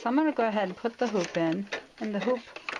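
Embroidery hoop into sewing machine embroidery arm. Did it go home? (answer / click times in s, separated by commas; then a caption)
no / none. An embroidery hoop is handled at the embroidery carriage arm of a Brother SE 350 portable sewing/embroidery machine while someone talks. A couple of faint, brief sounds come near the end at about 2.7 and 2.8 seconds. Nothing has seated or clicked yet.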